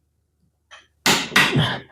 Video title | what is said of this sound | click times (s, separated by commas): Parkside PASSP 20-Li C4 – De ce e cea mai căutată cheie de impact din România? Test & explicații | Deci am simțit când am apăsat că s o dus după după ce a făcut clickul a mai mers un pic. | 1.1 s